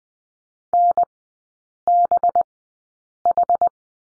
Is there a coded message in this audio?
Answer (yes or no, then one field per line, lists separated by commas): yes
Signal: Morse code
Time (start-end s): 0.7-3.7 s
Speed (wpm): 20 wpm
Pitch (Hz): 700 Hz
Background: none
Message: NBH